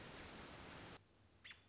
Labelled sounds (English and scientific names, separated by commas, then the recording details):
American Robin (Turdus migratorius)
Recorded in Sonoma County, California